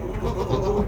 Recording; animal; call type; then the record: contact call of a hoofed animal; goat; low-frequency (closed-mouth) or high-frequency (open-mouth) call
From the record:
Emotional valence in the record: positive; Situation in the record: food anticipation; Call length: 0.88 s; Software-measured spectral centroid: 1610 Hz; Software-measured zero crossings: 930 a second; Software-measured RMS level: -24 dBFS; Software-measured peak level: -9 dBFS